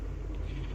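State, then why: Not seated. The power plug of a Janome 393 sewing machine is being pushed into a wall socket after the drive belt was loosened to raise the machine's speed and the machine was put back together. A steady low rumble with faint higher hiss runs through the 0.8-second clip, with no distinct clicks. Nothing has seated or clicked yet.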